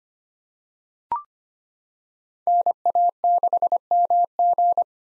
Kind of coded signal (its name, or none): Morse code